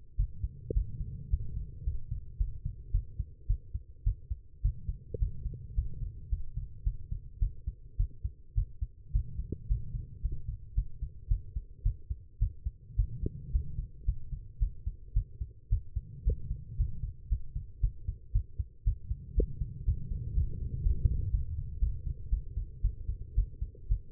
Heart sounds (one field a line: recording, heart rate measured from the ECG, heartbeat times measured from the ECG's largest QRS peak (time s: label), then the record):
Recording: heart sounds by stethoscope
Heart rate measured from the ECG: 111 bpm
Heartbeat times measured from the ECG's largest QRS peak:
0.17 s: heartbeat
0.74 s: heartbeat
1.31 s: heartbeat
1.85 s: heartbeat
2.38 s: heartbeat
2.92 s: heartbeat
3.47 s: heartbeat
4.04 s: heartbeat
4.62 s: heartbeat
5.19 s: heartbeat
5.75 s: heartbeat
6.30 s: heartbeat
6.84 s: heartbeat
7.40 s: heartbeat
7.97 s: heartbeat
8.55 s: heartbeat
9.13 s: heartbeat
9.68 s: heartbeat
10.22 s: heartbeat
10.75 s: heartbeat
11.29 s: heartbeat
11.83 s: heartbeat
12.39 s: heartbeat
12.96 s: heartbeat
13.52 s: heartbeat
14.06 s: heartbeat
14.59 s: heartbeat
15.14 s: heartbeat
15.70 s: heartbeat
16.24 s: heartbeat
16.77 s: heartbeat
17.29 s: heartbeat
17.81 s: heartbeat
18.33 s: heartbeat
18.84 s: heartbeat
19.35 s: heartbeat
19.85 s: heartbeat
20.35 s: heartbeat
20.83 s: heartbeat
21.31 s: heartbeat
21.80 s: heartbeat
22.30 s: heartbeat
22.82 s: heartbeat
23.35 s: heartbeat
23.88 s: heartbeat
From the record:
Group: healthy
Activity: rest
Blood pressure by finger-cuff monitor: 126/74 mmHg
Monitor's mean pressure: 89 mmHg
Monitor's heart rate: 111 bpm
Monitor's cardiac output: 9 L/min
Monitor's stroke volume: 82 mL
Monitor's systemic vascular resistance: 720 dyn s/cm5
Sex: female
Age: 19 years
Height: 163 cm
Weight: 51 kg